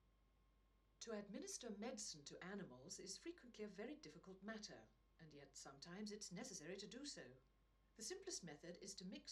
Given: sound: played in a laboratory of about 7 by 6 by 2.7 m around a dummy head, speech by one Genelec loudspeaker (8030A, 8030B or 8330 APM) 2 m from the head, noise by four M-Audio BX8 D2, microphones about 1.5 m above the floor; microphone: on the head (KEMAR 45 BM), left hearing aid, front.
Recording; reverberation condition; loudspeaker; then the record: female speech in English; low; 30 degrees to the left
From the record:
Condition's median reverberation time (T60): about 310 ms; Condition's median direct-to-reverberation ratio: about 3.5 dB